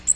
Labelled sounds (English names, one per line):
Magnolia Warbler flight call